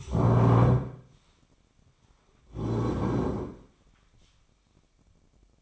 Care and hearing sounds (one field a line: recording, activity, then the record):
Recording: daily activity, microphone in the room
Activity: stand up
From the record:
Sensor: 1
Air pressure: 1009.4 hPa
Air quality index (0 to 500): 181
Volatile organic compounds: 3 ppm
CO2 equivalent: 1531 ppm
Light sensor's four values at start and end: 46/122/50/60 and 45/118/49/59